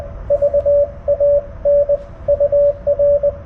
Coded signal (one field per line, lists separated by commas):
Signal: Morse code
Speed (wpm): 21 wpm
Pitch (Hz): 590 Hz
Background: radio noise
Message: VAN UR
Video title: CW POTA at US-4567 with the Yaesu FTDX10